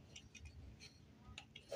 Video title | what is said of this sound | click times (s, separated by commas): Transformers DNA Design Kit 49: Studio Series Terrorcons Review | okay it's all slotted in now it's uh I heard the click so | 1.4 s, 1.6 s